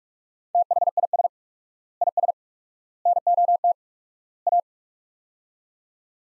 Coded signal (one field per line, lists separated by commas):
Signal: Morse code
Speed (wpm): 47 wpm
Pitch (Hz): 700 Hz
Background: none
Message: THIS IS NOT A